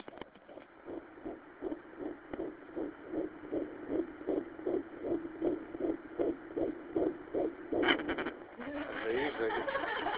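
Rapid, regular muffled thumps at about 158 a minute, a fast heartbeat, ending in brief rustling noise.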